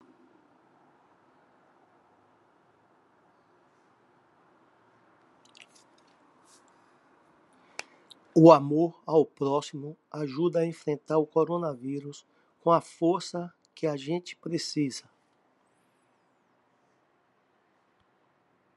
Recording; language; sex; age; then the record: spoken sentence; Brazilian Portuguese; male; 60 to 69 years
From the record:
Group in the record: control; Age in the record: 62 years